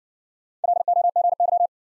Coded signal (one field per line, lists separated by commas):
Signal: Morse code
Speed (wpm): 53 wpm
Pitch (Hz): 700 Hz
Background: none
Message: LOGY